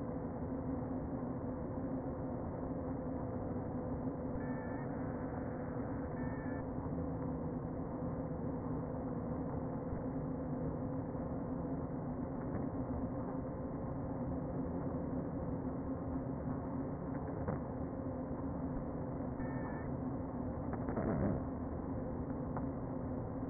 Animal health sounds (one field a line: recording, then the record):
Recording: honeybee colony, microphone inside the hive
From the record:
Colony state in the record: queen present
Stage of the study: before two queens were removed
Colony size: about 60,000 bees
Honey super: yes